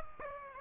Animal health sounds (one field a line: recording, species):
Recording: mosquito wingbeat signal from an infrared sensor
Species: Aedes aegypti